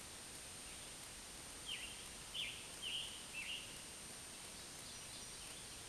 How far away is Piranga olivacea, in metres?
about 80 m